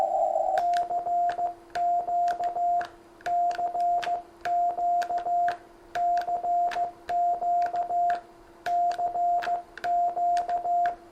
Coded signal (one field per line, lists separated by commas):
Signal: Morse code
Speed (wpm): 15 wpm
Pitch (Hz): 700 Hz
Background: radio noise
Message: CQ CQ CQ CQ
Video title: Dzień Morse'a! Pierwsze QSO - Alfred DF6RI #cw #ham #radio